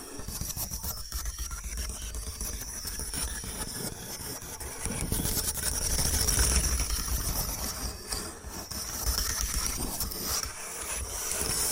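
Bamboo is scratched and brushed in a dense, unbroken rasp, dotted with quick small taps and clicks throughout. The sound swells around the middle, then settles. A steady low rumble and faint high, thin tones sit underneath the whole time.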